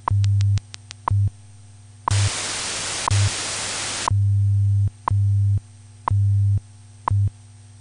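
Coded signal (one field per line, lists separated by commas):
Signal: radio time signal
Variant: WWV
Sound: low hum in blocks, a click each second, and a two-second burst of white noise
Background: radio static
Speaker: follows is a scientific modulation test for more information visit hamside.org wwv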